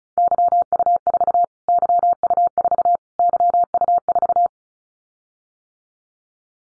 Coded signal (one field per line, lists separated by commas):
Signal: Morse code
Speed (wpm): 34 wpm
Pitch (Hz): 700 Hz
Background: none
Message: YU4 YU4 YU4